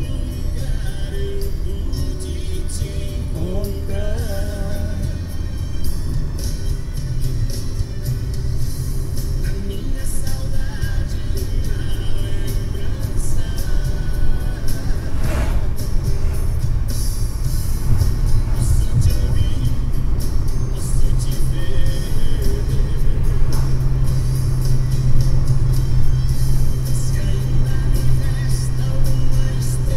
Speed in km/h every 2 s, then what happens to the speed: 52, 54, 57, 59, 62, 68, 74, 78, 79, 85, 87, 88, 88, 87, 86.
0-19 speeds up to 87. 19-30 steady at about 87.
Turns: none.